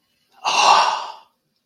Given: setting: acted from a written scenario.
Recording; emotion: vocal sound without words; adoration